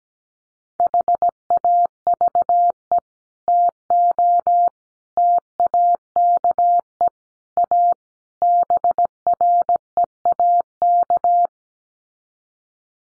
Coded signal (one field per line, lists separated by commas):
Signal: Morse code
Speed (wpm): 17 wpm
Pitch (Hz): 700 Hz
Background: none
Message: HAVE TO TAKE A BREAK